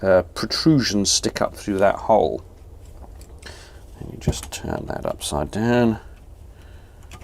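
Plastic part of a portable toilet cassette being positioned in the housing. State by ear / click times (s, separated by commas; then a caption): not seated / none. Someone talks while a plastic part of a Thetford C200 portable toilet cassette is turned upside down and lined up in the housing, its protrusions sticking up through the hole, before it is pressed home. Faint handling taps are heard around 3.0, 3.2 and 7.1 seconds between the talking. Nothing has seated or clicked yet.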